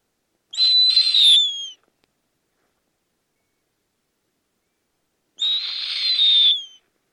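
Snowy owl giving two rasping, high-pitched screams about five seconds apart, each roughly a second long and falling away at the close.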